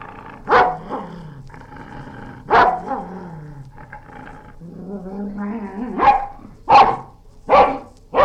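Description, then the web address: Dog barking angrily in sharp single barks, about six in eight seconds, with low rumbling growls filling the gaps between them. Angry dog barking and growling. "BBC Dog. dog angry barking and growls. BBC Historical"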